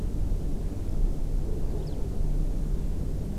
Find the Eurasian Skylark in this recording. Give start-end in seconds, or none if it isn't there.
1.78-1.95